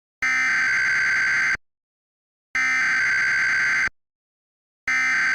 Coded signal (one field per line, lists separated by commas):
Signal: Emergency Alert System (SAME) tones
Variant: header bursts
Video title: EAS Recreation 1: 2013 Montana Zombie Alert